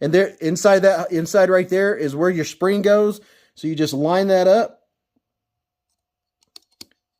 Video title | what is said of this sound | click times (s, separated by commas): NEW FOR 2022 BUTTON LOCK - CIVIVI CHEVALIER - OVERVIEW/DISASSEMBLY | and push it together. And you hear all that snapping taking place. | 6.6 s, 6.8 s